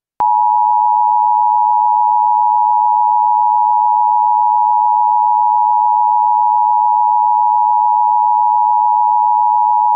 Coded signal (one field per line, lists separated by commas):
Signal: Emergency Alert System (SAME) tones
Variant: 853 and 960 Hz attention tone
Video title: EAS Scenario: Ruined Vacation